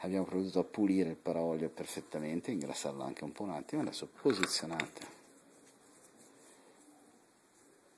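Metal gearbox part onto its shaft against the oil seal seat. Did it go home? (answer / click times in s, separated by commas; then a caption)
no / none. A metal gearbox part is being handled for fitting onto its shaft against the cleaned and greased oil seal seat in a Subaru Outback car gearbox. Someone talks for about the first five seconds, followed by quiet low-level handling noise. Nothing has seated or clicked yet.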